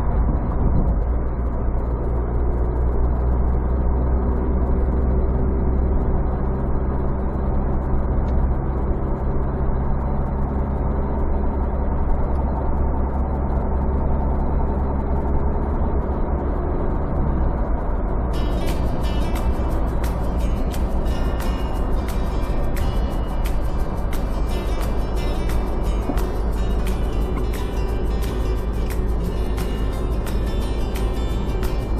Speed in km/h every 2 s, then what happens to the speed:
62, 66, 68, 71, 71, 73, 71, 74, 75, 74, 70, 68, 68, 69, 68, 70.
0-5 speeds up to 71. 5-16 steady at about 71. 16-22 slows to 68. 22-32 steady at about 68.